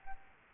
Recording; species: mosquito wingbeat signal from an infrared sensor; Aedes albopictus